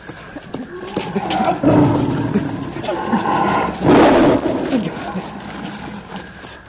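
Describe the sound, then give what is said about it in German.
A tiger roars in deep, rasping bursts, with a long growl early on and a second, louder roar midway, followed by lower rumbling snarls that trail off. “Der Tiger gab auf. Jedenfalls war nach einiger Zeit nicht mehr zu hören.”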